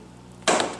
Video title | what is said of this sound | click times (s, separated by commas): Husqvarna HU725AWDBBC 22" AWD Lawn Mower | and it locks in place, and you can't open the little trap door, | 0.5 s